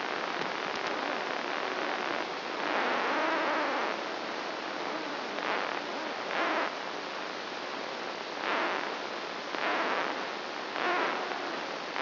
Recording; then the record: brain microelectrode recording played as sound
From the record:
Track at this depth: outside the subthalamic nucleus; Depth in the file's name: -0.11 mm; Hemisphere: right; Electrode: 2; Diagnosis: Parkinson's disease